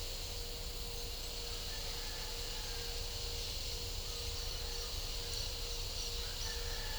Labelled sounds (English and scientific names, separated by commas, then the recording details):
none
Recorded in pastures near Puerto Asís, Putumayo, Colombia, on 26 December 2024 at 14:00
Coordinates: 0.497, -76.327
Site G088